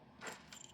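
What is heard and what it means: A SimpliSafe keypad's plastic rear casing is slid onto its wall mount bracket, with a soft broadband sliding scrape around 0.2–0.35 s. A small plastic detent bumps over a feature and gives clicks at 0.5 s and 0.6 s as the casing slides and clicks into place, seated.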